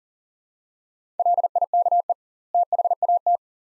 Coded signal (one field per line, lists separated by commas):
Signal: Morse code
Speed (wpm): 38 wpm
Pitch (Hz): 700 Hz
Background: none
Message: LIKE THAT